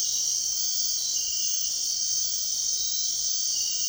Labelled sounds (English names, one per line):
none